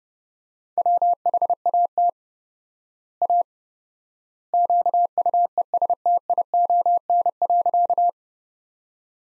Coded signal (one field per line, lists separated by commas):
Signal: Morse code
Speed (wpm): 30 wpm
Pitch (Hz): 700 Hz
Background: none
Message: WHAT A QUESTION.